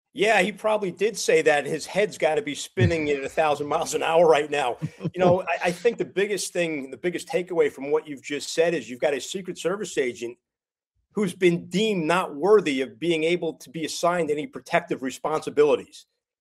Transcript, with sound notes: Yeah. He probably did say that and his head's gotta be spinning at 1,000 miles an hour right now.
(laughs)
You know, I, I think the biggest thing, the biggest takeaway from what you've just said is you've got a Secret Service agent who's been deemed not worthy of being able to be assigned any protective responsibilities.